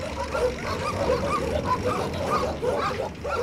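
A stray dog barks and yips in a quick, uneven series of mid-pitched calls, with a steady low rumble running underneath throughout.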